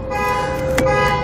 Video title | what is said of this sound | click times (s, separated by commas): etrailer - Setting up the ClearPlus Intelli Curve Windshield Wiper Blade on your 2018 Chrysler 300 | until we hear it click as you can see it's going to pivot on there quite nicely and we're ready to wipe here | 0.8 s